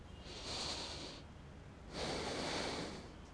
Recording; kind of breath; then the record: one breath in and out by a microphone near the nose and mouth; deep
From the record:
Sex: male